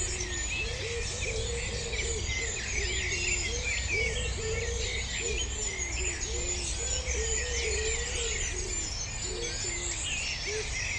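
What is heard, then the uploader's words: A dawn chorus of many birds singing at once, a dense, unbroken tangle of bright chirps and trills throughout. Beneath it, a lower repeating call sounds every second or so, over a steady low rumble that never lets up. Here the wave of silence is traced through recordings of the dawn chorus, made each day throughout the early summer.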